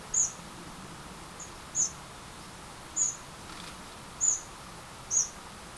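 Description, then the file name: Eurasian wren calling with five crisp, high-pitched ticks spaced a little over a second apart, against quiet background hiss. "Troglodytes troglodytes"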